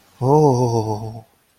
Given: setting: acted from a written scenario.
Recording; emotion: vocal sound without words; ecstasy